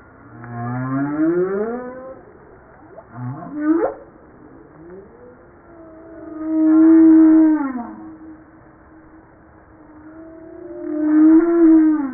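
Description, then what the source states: Humpback whale song opens with a low rising groan and a fast upswept squeal, then long level moans that swell and fade, one repeated near the end. Recorded 5 March 1994.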